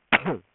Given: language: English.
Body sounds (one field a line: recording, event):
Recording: throat vibration sensor signal played as sound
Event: cough